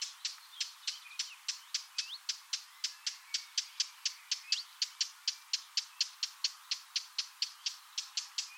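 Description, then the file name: Eurasian blackcap giving hard clicking tac calls in a rapid, fairly even series, with faint thin notes from other birds behind. "Sylvia atricapilla"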